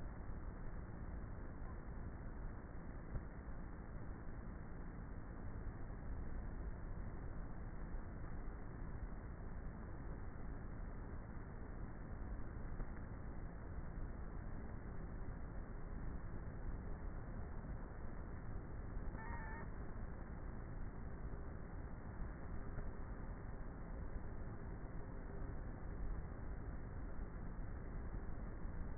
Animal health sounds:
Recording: honeybee colony, microphone inside the hive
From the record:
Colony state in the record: queenless with a low population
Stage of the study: before two queens were removed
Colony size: about 30,000 bees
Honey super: no

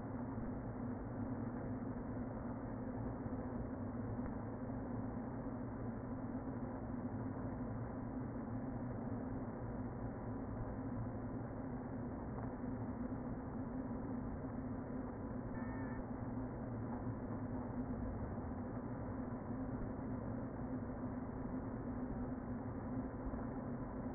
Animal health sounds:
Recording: honeybee colony, microphone inside the hive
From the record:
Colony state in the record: queen present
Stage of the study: before two queens were removed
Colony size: about 60,000 bees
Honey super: yes

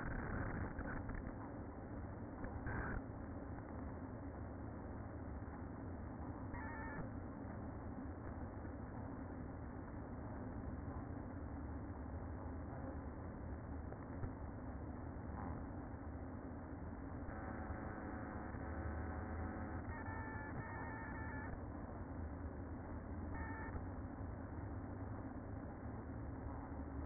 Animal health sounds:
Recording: honeybee colony, microphone inside the hive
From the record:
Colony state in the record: queen present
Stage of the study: after two queens were removed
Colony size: about 60,000 bees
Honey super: yes

